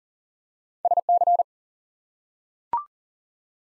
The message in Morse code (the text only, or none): SC